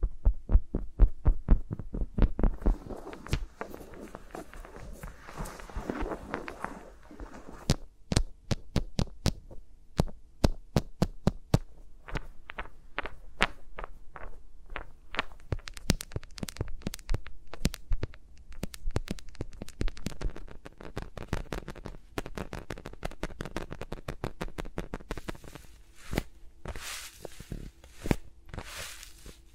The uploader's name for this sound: ASMR with Mics Around My Fingers (No Talking)